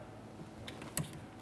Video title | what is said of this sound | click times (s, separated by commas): How to Replace Front Exterior Door Handles 2017-2024 GMC Acadia | once you've heard that click you want to press in the red lock here and we'll give it a tug to make sure it's properly secured together | 1.0 s